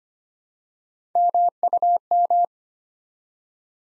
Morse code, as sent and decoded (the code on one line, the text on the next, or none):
-- ..- --
MUM